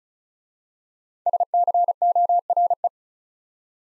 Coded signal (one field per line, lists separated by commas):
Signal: Morse code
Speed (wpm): 36 wpm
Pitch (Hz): 700 Hz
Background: none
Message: SCORE